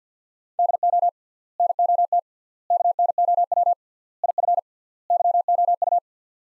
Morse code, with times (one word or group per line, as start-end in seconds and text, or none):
0.6-1.1 DO
1.6-2.2 NOT
2.7-3.7 KNOW
4.2-4.6 IF
5.1-6.0 YOU